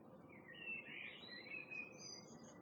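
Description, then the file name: Common blackbird song: a fluid, warbled whistled phrase wavering up and down, then fainter high twittering notes, over a steady low background rumble. "Turdus merula"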